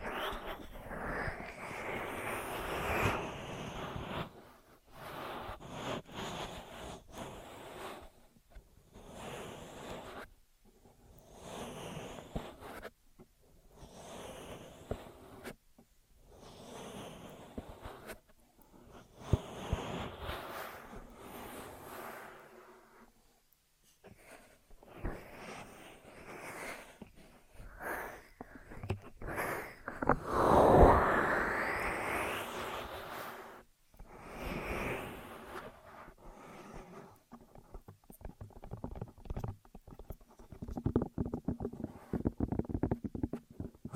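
Ear massage and cleaning sounds: irregular muffled rubbing and brushing bursts with short pauses, a louder scraping stretch near thirty seconds.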